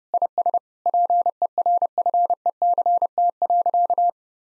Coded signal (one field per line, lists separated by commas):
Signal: Morse code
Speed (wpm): 32 wpm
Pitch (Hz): 700 Hz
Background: none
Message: IS PERFECT.